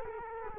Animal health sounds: mosquito wingbeat signal from an infrared sensor; Culex quinquefasciatus

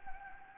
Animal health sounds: mosquito wingbeat signal from an infrared sensor; Anopheles gambiae

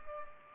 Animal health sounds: mosquito wingbeat signal from an infrared sensor; Culex pipiens

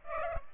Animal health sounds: mosquito wingbeat signal from an infrared sensor; Culex pipiens

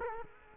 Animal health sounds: mosquito wingbeat signal from an infrared sensor; Culex quinquefasciatus

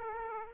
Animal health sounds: mosquito wingbeat signal from an infrared sensor; Aedes aegypti

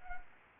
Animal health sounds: mosquito wingbeat signal from an infrared sensor; Anopheles arabiensis

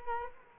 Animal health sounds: mosquito wingbeat signal from an infrared sensor; Culex quinquefasciatus

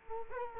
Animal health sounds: mosquito wingbeat signal from an infrared sensor; Culex quinquefasciatus

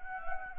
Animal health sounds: mosquito wingbeat signal from an infrared sensor; Anopheles gambiae

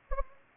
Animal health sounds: mosquito wingbeat signal from an infrared sensor; Anopheles gambiae

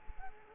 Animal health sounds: mosquito wingbeat signal from an infrared sensor; Culex quinquefasciatus

